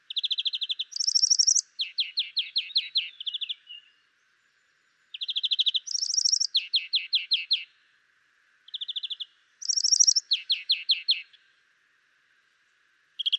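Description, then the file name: European greenfinch song: bursts of quick rattling trills, higher and lower trilled phrases alternating, the sequence repeated several times with brief pauses. "Chloris chloris"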